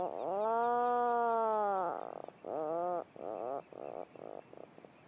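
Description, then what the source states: Atlantic puffin burrow call: one long, deep, droning note, then a series of shorter rolling pulses that grow briefer and quieter. Recorded with a microphone inside a burrow on Skellig Michael; birds call and answer from below the surface with a deep rolling motorbike drone, then listen for a neighbour's reply.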